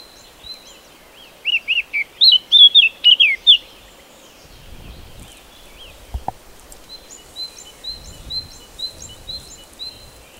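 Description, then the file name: Eurasian blackcap song: a bright burst of rapid warbled, twisting notes, followed by a run of thin, repeated high notes. "Sylvia atricapilla"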